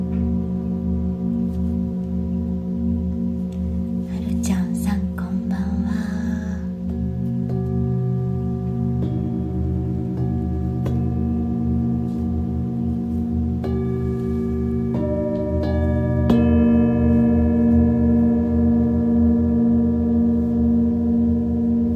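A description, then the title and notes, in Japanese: A Tibetan singing bowl rings with a steady, layered drone, its low hum and stacked tones sustained throughout. Around four to seven seconds a burst of brighter metallic clatter cuts in, and new ringing tones enter near thirteen and sixteen seconds as the sound swells slightly louder. 深夜のシンギングボウルのサウンドヒーリング。チベタンシンギングボウル。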